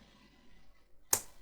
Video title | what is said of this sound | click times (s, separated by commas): aggiustiamo questo controller scuf reflex ps5! | the pinion it must go into its place and then a nice click to make you understand that it is in position | 1.1 s